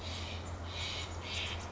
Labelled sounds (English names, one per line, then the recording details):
Steller's Jay
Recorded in Sonoma County, California